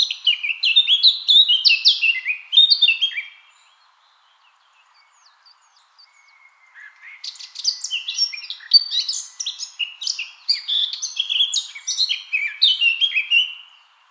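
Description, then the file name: Eurasian blackcap song in two long bursts of fast, jumbled warbling with bright whistled notes, separated by a quiet gap of about three seconds. "Sylvia atricapilla"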